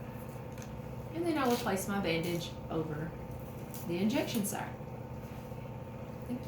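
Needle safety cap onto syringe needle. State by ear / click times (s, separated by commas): seated / 0.6 s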